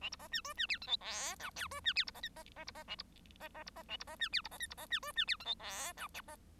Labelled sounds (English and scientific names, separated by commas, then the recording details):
Bengalese Finch (Lonchura striata domestica) song
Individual Bird1